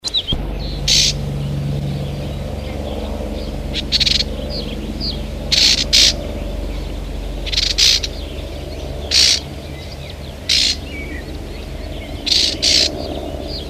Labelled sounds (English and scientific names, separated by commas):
Eurasian Reed Warbler (Acrocephalus scirpaceus) call